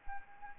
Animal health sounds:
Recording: mosquito wingbeat signal from an infrared sensor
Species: Anopheles arabiensis

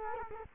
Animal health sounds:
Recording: mosquito wingbeat signal from an infrared sensor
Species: Culex quinquefasciatus

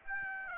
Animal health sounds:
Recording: mosquito wingbeat signal from an infrared sensor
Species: Aedes aegypti

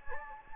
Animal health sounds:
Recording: mosquito wingbeat signal from an infrared sensor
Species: Anopheles gambiae

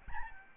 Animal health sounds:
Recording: mosquito wingbeat signal from an infrared sensor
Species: Aedes albopictus

